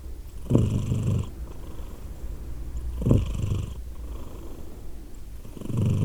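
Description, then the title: Cat purring in low rumbling bursts near the start, again about two and a half seconds later, and rising once more at the end. Domestic cat named Edith purring in Glasgow, Scotland, in December 2023. "Edith purring, Glasgow, Scotland in December 2023 – by Steve Urquhart"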